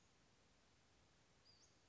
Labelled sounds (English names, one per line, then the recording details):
Western Flycatcher
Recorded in Sonoma County, California